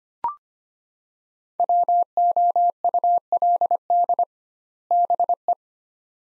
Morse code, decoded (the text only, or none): WOULD BE